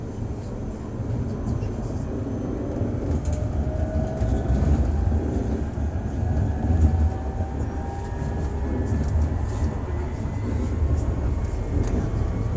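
A tram ride: a steady, dense low rumble of the running car fills the whole stretch without pause. Faint rising whines drift through the middle and upper tones, and light clicks and rattles tick in now and then, with possible murmured voices underneath.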